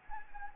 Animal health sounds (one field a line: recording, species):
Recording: mosquito wingbeat signal from an infrared sensor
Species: Anopheles gambiae